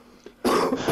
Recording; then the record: coughing mixed with background sound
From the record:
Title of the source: Coughing 77